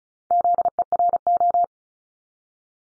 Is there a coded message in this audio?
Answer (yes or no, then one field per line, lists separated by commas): yes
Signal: Morse code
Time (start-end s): 0.3-1.6 s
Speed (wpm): 36 wpm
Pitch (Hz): 700 Hz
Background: none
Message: ZERO